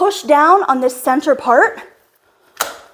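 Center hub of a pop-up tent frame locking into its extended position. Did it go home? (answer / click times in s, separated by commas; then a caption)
yes / 2.6 s. Someone talks for the first two seconds while pushing down on the center hub of a Kazoo pop-up tent frame, with its legs in place and the tent at full height. After a short quiet, the hub snaps and locks into its extended position with a sharp click at 2.6 s.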